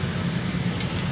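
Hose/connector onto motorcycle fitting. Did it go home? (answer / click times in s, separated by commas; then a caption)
yes / 0.8 s. A hose or connector on a motorcycle is pushed onto its fitting, before a lock clip is added so it won't leak. Over a steady low hum, one sharp, short high click is heard at 0.8 s as it seats.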